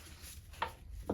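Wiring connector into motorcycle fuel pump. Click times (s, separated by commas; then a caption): 0.6 s. A plastic electrical wiring connector is pushed all the way to the bottom onto the fuel pump of a new Acerbis gas tank on a CRF300L motorcycle. It clicks in sharply at 0.6 s, seating the connector. A second, slightly quieter snap follows at 1.1 s against faint background noise.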